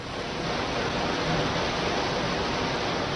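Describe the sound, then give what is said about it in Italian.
A continuous, steady roar of floodwater rushing through the streets of central Florence (via Cerretani, via Panzani), heard through an open window above. A dense hissing wash of sound holds at an even loudness throughout, with no voices or other distinct sounds. “Ecco, questo non è un fiume, è la via Cerretani, è la via Panzani, è il cuore di Firenze, invaso dall'acqua.”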